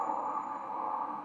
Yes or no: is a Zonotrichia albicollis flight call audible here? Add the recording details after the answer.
no. No flight call is heard. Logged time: 21:43 on 8 November 2014